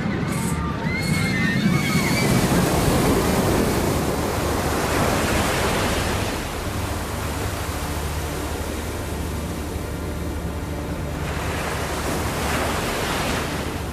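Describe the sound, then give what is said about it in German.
Ocean waves wash steadily onto the beach at Santa Cruz, a loud continuous roar of surf that swells and eases, with a few brief high-pitched cries of teenagers on a roller coaster in the first couple of seconds. “Ja, mir blieb nur der Schmalspurfilm, den ich jetzt am Strand von Santa Cruz innerlich rekonstruierte.”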